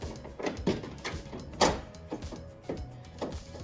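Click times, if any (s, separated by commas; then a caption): none. A plastic vent-cover panel with feet is flipped over and slid into its resting slots on the base of a PETKIT AirSalon Max pet drying cabin. Light plastic knocks and scrapes are heard, with the loudest knock at about 1.6 s. The panel rests in place without clicking and could easily be removed, though it stays put under normal pressure.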